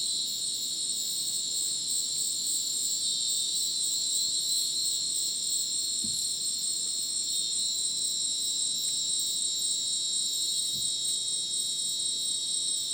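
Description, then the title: Crickets in a thick, continuous high-pitched chorus, with a couple of soft thumps around six and eleven seconds. Dense insect chorus like a polyrhythmic electronic concert, Madidi National Park, Ucumari, Bolivia; dense rainforest after sunset; AT BP4029 microphone, MixPre 6 recorder. "Madidi National Park, Ucumari, Bolivia - Supersonic Crickets in the rainforest"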